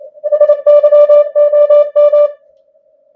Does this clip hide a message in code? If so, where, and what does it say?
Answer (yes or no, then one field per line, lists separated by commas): yes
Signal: Morse code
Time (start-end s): 0.3-2.3 s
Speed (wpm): 27 wpm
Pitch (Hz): 590 Hz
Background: none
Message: SYOM